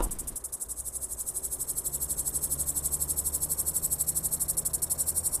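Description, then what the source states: Eastern bush-cricket song: a steady, very high, fast pulsing buzz, continuing unbroken throughout. Heard on Siikalahti shores in warm autumn, even into October; falls silent in early morning as air cools; introduced, settled near south-eastern border; poor flier, walks and climbs, hides by day.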